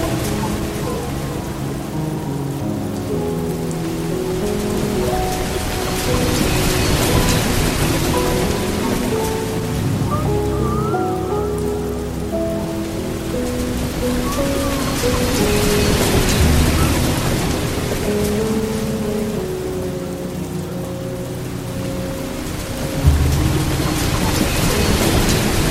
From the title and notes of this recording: Immerse yourself in our dreamy mix of Relaxing Piano Music and the soothing sounds of a Soft Water Stream.